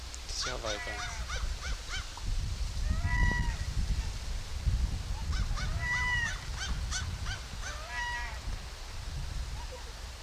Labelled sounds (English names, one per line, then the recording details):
American Crow call
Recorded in the wild
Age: adult
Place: Wildlife Park Shubenacadie, Nova Scotia, CA
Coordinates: 45.0931, -63.3944
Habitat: park
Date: 1991-10-10 12:06
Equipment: Sony WM-D6C, Sony ECM-939 LT (Stereo), Kopie Uher 4400 IC
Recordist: Frommolt, Karl-Heinz